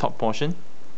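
Someone talks while handling the top portion of the wing on a Bandai Super Robot Chogokin SRC Genesic GaoGaiGar figure, about to push it up into the figure's plastic/metal back so it pegs in tightly. Only speech is heard in this one-second moment, with no other distinct sounds. Nothing has seated or clicked yet; the wing part is not yet home.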